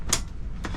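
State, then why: Seated. On the second side of a Stryker Rugged defibrillator platform for an LP15 monitor, the platform hook is placed under the stretcher carriage and the red tab is lifted until the latch engages. Sharp clicks are heard at 0.1 s and 0.7 s. The latch is confirmed seated and secure, with nothing moving.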